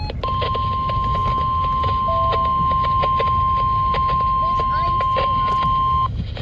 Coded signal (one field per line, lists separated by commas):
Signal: Emergency Alert System (SAME) tones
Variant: 1050 Hz attention tone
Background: speech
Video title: 7/2/23 | Severe Thunderstorm Watch #430 Expansion on KIH58 [EAS #833]